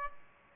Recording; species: mosquito wingbeat signal from an infrared sensor; Aedes aegypti